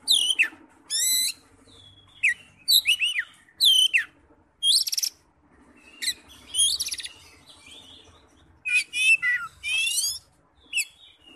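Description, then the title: Oriental magpie-robin singing a varied run of clear whistles, slurred upsweeps and harsh buzzy notes, delivered in rapid bursts with brief gaps between them. "Kacer"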